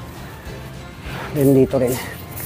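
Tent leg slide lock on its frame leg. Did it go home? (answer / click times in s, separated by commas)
no / none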